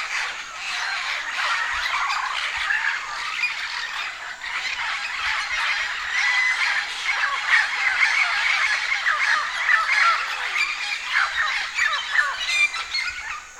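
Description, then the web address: Amaama flock chorus, a busy tangle of squawks and chatter from many birds together, unbroken throughout. Birds gathering before going to roost (pre-roost assembly). "chants amaama predortoir"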